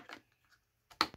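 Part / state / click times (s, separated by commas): plastic vacuum attachment onto its holder on the vacuum body / seated / 1.0 s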